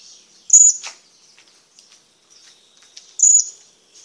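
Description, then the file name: Blue-crowned hanging parrot calling with sharp, very high squeaky notes. Two strong calls sit near the start and end, with thin twittering between. "suara burung serindit"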